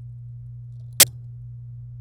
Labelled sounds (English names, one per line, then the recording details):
Domestic Canary song
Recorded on 27 April 2018 at 06:59
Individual llb3